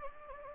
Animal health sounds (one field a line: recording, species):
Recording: mosquito wingbeat signal from an infrared sensor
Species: Anopheles gambiae